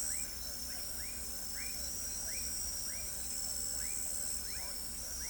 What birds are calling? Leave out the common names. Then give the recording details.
none. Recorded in pastures near Pivijay, Magdalena, Colombia, on 4 June 2023 at 21:30. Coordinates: 10.456, -74.369. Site P6-G026